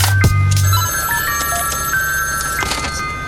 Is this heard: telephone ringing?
yes